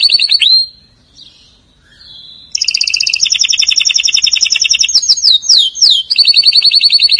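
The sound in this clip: Atlantic canary song: a fast trill, quiet twittering, then long loud rolling trills and descending slurred whistles.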